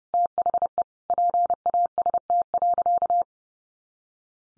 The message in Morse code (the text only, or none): THE PAST.